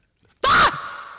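A faint quick intake is followed by one loud, high, voiced burst lasting about a quarter second, with a falling pitch that sounds like a scream. It is an adult's deliberately over-the-top, intense imitation of a girlfriend's dramatic sneeze, with a short room echo after.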